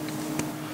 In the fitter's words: uh when it's properly connected you'll hear it click uh into place letting you know that it's positively seated